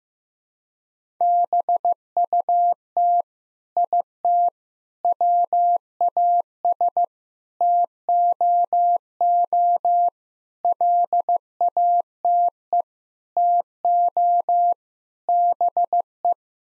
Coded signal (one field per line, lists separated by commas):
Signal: Morse code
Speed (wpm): 15 wpm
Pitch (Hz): 700 Hz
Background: none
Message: BUT IT WAS TOO LATE TO BE